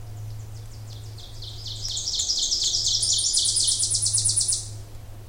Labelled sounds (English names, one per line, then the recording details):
Ovenbird song
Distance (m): 20 m
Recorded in boreal forest in Alberta, Canada, on 26 May 2016 at 08:13
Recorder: SongMeter 3, array SBT-3-15
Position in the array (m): 53 m, 223 m
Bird 20